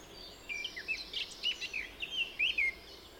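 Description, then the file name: Eurasian blackcap warble: after a brief quiet start, a quick series of clear, varied sliding notes and chirps, ending with a few stronger whistled phrases, with faint hiss behind. "Sylvia atricapilla"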